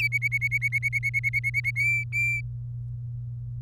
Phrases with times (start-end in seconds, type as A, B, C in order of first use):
0.01-1.71 A, 1.76-2.41 B